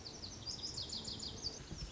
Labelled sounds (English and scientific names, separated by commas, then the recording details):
Lazuli Bunting (Passerina amoena)
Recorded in Sonoma County, California